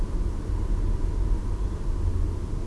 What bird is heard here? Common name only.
Tawny Owl